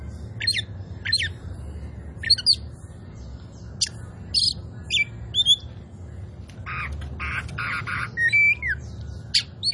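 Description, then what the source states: Oriental magpie-robin giving sharp chip notes, scratchy buzzy bursts and a few whistled slurs, with a steady low hum behind. Local Indonesian name kacer poci; described as gacor, singing vigorously.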